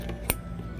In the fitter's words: Click. Okay, now we can tighten that clamp.